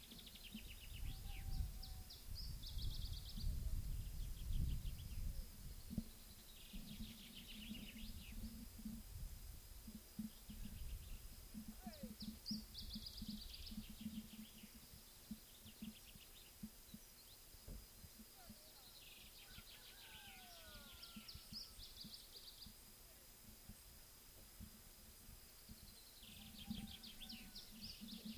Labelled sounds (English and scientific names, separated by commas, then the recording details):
Iberian Chiffchaff (Phylloscopus ibericus) song
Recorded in the wild
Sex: male
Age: adult
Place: Bei Ramales, Nordspanien, Kantabrien, ES
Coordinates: 43.25, -3.46667
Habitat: mountain side
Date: 1964-05-06
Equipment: Nagra III PH, Parabolspiegelmikrophon, LGS26
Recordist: Faber, A., Sapper and Schneider, H.-J